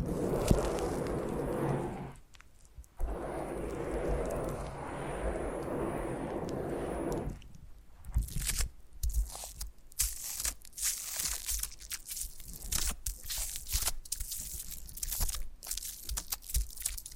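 Foam being massaged and squeezed, first as a dense, muffled, low rubbing that runs to about 7 seconds, with a short pause near 2 seconds. After that it turns into bright, crackly crunching and squeaking in quick irregular bursts until the end.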